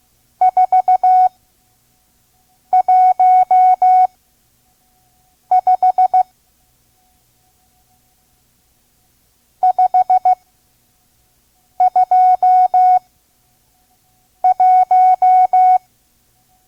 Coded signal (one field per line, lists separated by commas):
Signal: Morse code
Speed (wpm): 16 wpm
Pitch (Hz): 740 Hz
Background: none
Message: 415 521